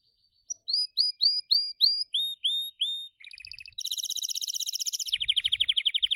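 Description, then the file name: Gloster canary sings evenly spaced curling whistled notes, then shifts into a bright buzzy rapid trill that continues steadily to the end. "canto do canario gloster"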